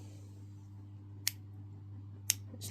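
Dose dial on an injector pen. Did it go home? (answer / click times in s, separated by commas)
yes / 1.3 s, 2.3 s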